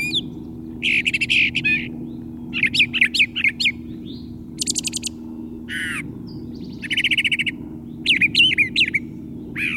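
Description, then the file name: Brown thrasher song of many varied phrases: trills, dry chatters, sharp downslurred notes and buzzy bursts, often doubled, with short gaps and a low background hum. "suara-kicauan-brown-trasher omkicau"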